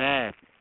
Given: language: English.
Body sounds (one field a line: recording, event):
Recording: throat vibration sensor signal played as sound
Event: speech